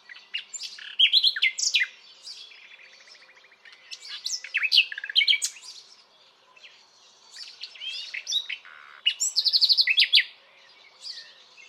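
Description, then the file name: Common nightingale song: bursts of sharp, varied high notes and clicks, a dry buzzy rattle near the third second, then louder rich phrases returning after pauses. "Luscinia megarhynchos"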